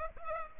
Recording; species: mosquito wingbeat signal from an infrared sensor; Culex pipiens